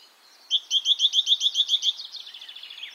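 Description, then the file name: Great tit call: a rapid, evenly spaced run of several clear chirping notes, trailing off into softer chatter. "Parus major"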